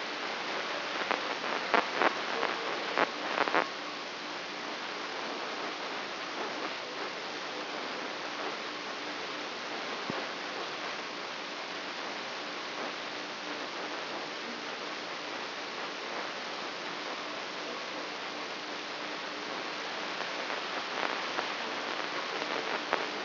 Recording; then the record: brain microelectrode recording played as sound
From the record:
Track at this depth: outside the subthalamic nucleus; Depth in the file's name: 8.504 mm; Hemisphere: left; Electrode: 3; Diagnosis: Parkinson's disease